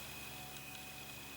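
A clear plastic headlight lens is handled at the front light housing of a 1:8 scale die-cast model car, ready to be press-fit in. Only a steady, even hiss with faint constant hum tones is heard, with no sharp transients. Nothing has seated or clicked yet.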